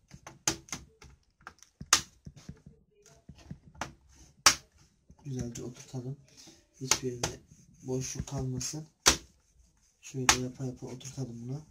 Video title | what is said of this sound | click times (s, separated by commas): Leptop'a Ssd Ve Ram Takmak | Arkadaşlar şöyle güzelce çıt çıt çıt diyerek oturtacağız bunu. | 0.5 s, 1.9 s, 4.5 s